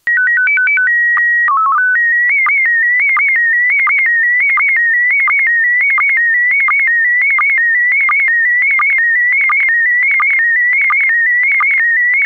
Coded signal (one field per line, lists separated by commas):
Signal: SSTV (slow-scan television)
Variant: PD 90